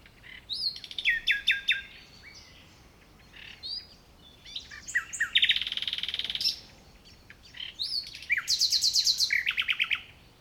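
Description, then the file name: Common nightingale in full song: rich varied phrases of chirps, a sustained buzzy rattle and rapid repeated notes, with short gaps between phrases. "Luscinia megarhynchos"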